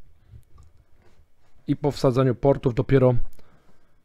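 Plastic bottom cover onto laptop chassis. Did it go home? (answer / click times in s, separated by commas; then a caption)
no / none. The plastic bottom cover of a Lenovo Legion 5 laptop, during an SSD and RAM upgrade, is fitted against the ports on the rear of the laptop before closing so its latches can snap in afterwards. Faint, light handling taps are heard in the first second and a half, then someone talks from about 1.7 s. Nothing has clicked or latched into place yet.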